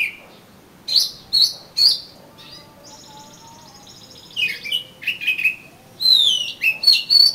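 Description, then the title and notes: Oriental magpie-robin song with bright whistled notes, a faint drawn-out high phrase midway, then quick bursts of slurred descending whistles. "suara kacer. kumpulan suara burung kacer"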